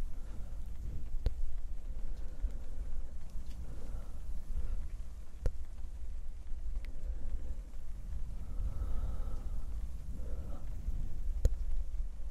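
Mic brushing makes a steady, dense, low rustling rumble throughout, with faint breathy whispers rising around four and nine seconds. Sharp, bright clicks snap in at about 1, 5, 7 and 11 seconds, over a soft hiss like rain.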